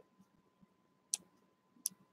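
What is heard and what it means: A flex cable connector on an iPhone 7 Plus is pressed down into its socket on the phone motherboard during a screen replacement. Two short, sharp snaps sound at 1.1 s and 1.9 s over a quiet background with faint low ticks. The connector is confirmed seated, since it is not fully connected until it snaps.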